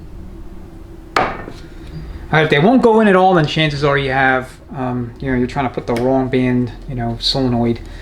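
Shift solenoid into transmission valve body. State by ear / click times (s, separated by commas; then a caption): seated / 1.2 s. A shift solenoid is pressed firmly, connector face up, into the aluminium valve body casting of a 2017+ Ford 6R140 transmission. It snaps into place with a sharp click at 1.2 s, seating the solenoid. Someone then talks over a low background hum.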